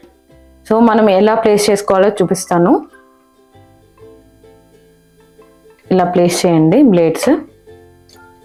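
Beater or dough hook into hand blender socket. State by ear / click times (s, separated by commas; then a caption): not seated / none. A metal beater or dough hook is being fitted into the socket in the plastic body of a KENT 16051 300 W hand blender, which locks when simply pushed in. Someone talks over faint background music, with only small handling sounds in between. Nothing has seated or clicked yet.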